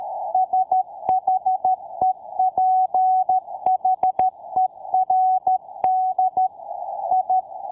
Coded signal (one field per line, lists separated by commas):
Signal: Morse code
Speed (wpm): 13 wpm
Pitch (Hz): 750 Hz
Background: none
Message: SHEPHERD I